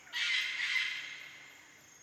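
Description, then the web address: Eclectus parrot uttering one harsh, raspy squawk lasting about a second, fading out over a quiet background hum. Recorded in Indonesia. "ULM-DS-Lab indonesian-bird-sounds. Eclectus roratus"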